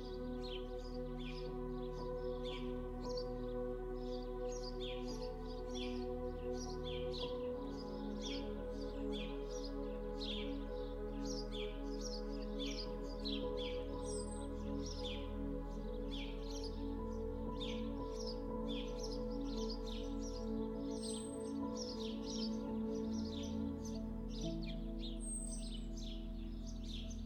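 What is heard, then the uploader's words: Countryside birdsong chirps and tweets constantly throughout, bright and busy, with a few sharper high calls near the middle and end. Underneath, soft sustained music holds low, steady chords that shift to a new chord about seven seconds in. COUNTRYSIDE Sounds and the Sweetness of MUSIC.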